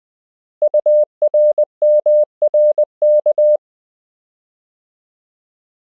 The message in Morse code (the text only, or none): URMRK